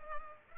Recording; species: mosquito wingbeat signal from an infrared sensor; Culex pipiens